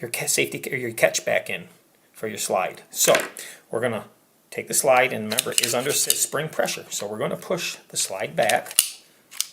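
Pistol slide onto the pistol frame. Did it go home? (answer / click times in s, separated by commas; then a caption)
yes / 9.4 s. Someone talks while the slide of a Sig Sauer We The People 1911 CO2 BB pistol is pushed back onto the pistol frame against spring pressure. A sharp click at 9.4 s marks the slide snapping into place, seated on the frame.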